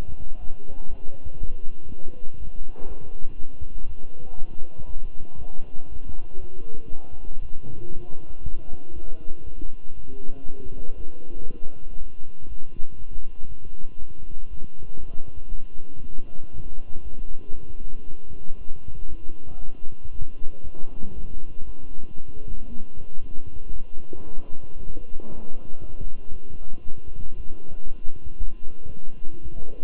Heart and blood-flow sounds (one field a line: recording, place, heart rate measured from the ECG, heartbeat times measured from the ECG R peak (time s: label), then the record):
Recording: heart sounds by stethoscope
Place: between the tricuspid and mitral areas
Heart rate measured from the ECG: 118 bpm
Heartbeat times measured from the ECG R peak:
0.40 s: heartbeat
0.89 s: heartbeat
1.39 s: heartbeat
1.89 s: heartbeat
2.38 s: heartbeat
2.87 s: heartbeat
3.37 s: heartbeat
3.87 s: heartbeat
4.37 s: heartbeat
4.87 s: heartbeat
5.37 s: heartbeat
5.88 s: heartbeat
6.40 s: heartbeat
6.90 s: heartbeat
7.41 s: heartbeat
7.93 s: heartbeat
8.44 s: heartbeat
8.94 s: heartbeat
9.45 s: heartbeat
9.95 s: heartbeat
10.46 s: heartbeat
10.96 s: heartbeat
11.46 s: heartbeat
11.97 s: heartbeat
12.48 s: heartbeat
12.97 s: heartbeat
13.47 s: heartbeat
13.98 s: heartbeat
14.49 s: heartbeat
14.99 s: heartbeat
15.49 s: heartbeat
16.01 s: heartbeat
16.52 s: heartbeat
17.03 s: heartbeat
17.54 s: heartbeat
18.06 s: heartbeat
18.57 s: heartbeat
19.08 s: heartbeat
19.60 s: heartbeat
20.11 s: heartbeat
20.63 s: heartbeat
21.14 s: heartbeat
21.65 s: heartbeat
22.16 s: heartbeat
22.68 s: heartbeat
23.20 s: heartbeat
23.72 s: heartbeat
24.23 s: heartbeat
24.76 s: heartbeat
25.28 s: heartbeat
25.80 s: heartbeat
26.32 s: heartbeat
26.84 s: heartbeat
27.36 s: heartbeat
27.87 s: heartbeat
28.38 s: heartbeat
28.90 s: heartbeat
29.42 s: heartbeat
From the record:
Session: walking at 3.7 km/h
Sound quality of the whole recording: good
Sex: male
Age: 23 years